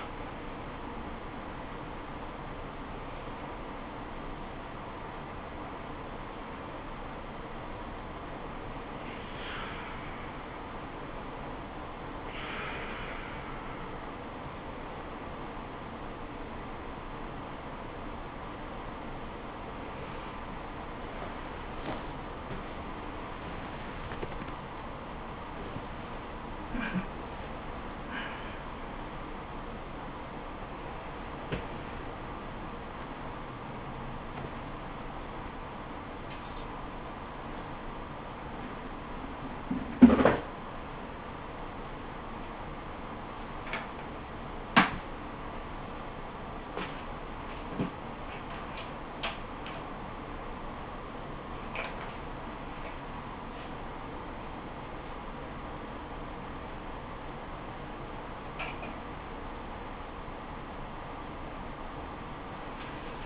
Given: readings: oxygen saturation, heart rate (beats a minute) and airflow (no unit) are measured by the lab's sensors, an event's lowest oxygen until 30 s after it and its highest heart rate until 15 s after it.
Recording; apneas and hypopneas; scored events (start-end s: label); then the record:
a person awake in a sleep study, by a voice recorder at the bedside; 2
8.00-32.10 s: hypopnea (REM, oxygen 97% highest, then 96% lowest, heart rate 83 at the start, 105 highest)
27.00-32.40 s: hypopnea (REM, oxygen 97% highest, then 96% lowest, heart rate 95 at the start, 105 highest)
29.00-63.26 s: new sleep stage, awake
30.00-63.26 s: awake
From the record:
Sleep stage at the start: REM sleep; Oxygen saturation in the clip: 74 to 97%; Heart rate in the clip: 82 to 107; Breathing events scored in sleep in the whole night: 426 in 7.4 hours asleep